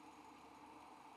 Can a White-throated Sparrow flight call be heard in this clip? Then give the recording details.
no. No flight call is heard. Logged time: 04:29 on 5 December 2014